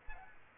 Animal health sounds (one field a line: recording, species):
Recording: mosquito wingbeat signal from an infrared sensor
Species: Aedes aegypti